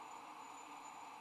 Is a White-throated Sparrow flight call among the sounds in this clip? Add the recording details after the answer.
no. No flight call is heard. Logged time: 05:44 on 18 December 2014